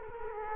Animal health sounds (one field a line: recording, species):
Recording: mosquito wingbeat signal from an infrared sensor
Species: Culex quinquefasciatus